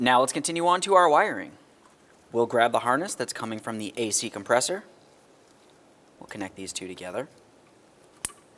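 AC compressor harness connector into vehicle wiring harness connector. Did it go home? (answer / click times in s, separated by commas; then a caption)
yes / 8.2 s. On a 2006-2011 Honda Civic, the AC compressor wiring harness plug is pressed into its mating vehicle harness connector while someone talks. A single sharp click sounds at 8.3 s, and the connector is seated.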